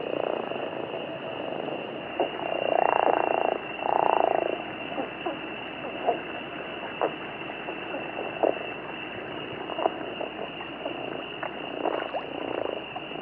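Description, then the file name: Chiricahua leopard frog giving two rough, pulsed snores close together. Faint clicks and a constant high hum follow. Arizona. "rchiricahuensisaz"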